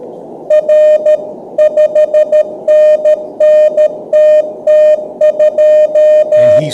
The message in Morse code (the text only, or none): R 5NN TT2